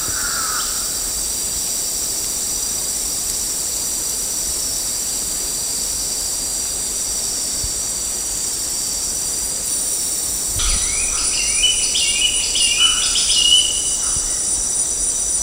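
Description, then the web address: Dusky broadbill call notes: one brief whistle at the start, then after a long drone-filled gap a burst of squeaky notes in the last few seconds, with constant high insect buzzing. Recorded at Danum on 10 August 2009. "DANUM 20090810. dusky broadbill"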